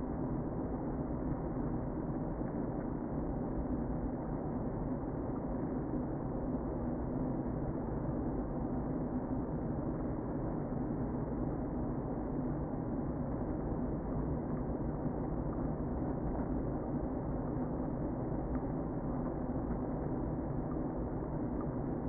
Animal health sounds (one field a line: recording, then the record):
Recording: honeybee colony, microphone inside the hive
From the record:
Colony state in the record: queen present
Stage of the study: before two queens were removed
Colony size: about 60,000 bees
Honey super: yes